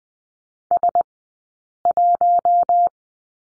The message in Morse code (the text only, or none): S1